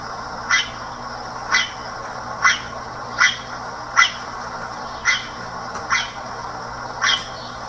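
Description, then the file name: Red-rumped cacique giving a series of several brief, harsh calls, with a faint steady background hum. "guaxe"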